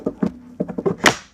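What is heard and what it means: A 40-round polymer and steel magazine is inserted into the magazine well of an AK-pattern rifle, with a few dull knocks and scrapes as it goes in. It then latches with a sharp, bright snap at 1.1 s and seats firmly.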